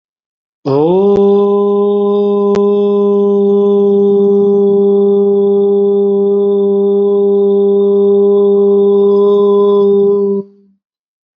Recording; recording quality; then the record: sustained vowel as in boot; excellent, no background noise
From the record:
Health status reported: healthy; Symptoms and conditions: none ticked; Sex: male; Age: 37 years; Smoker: not ticked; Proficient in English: yes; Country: India